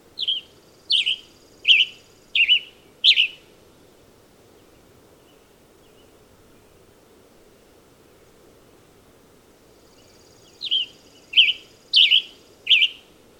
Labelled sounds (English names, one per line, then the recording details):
Western Tanager song
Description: Western Tanager song recorded at Hollowell Park in Rocky Mountain National Park
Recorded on 30 June 2015